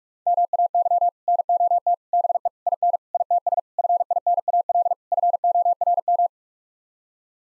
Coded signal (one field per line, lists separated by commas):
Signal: Morse code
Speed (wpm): 46 wpm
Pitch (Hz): 700 Hz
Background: none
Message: MAY NOT BE IN ITS FINAL FORM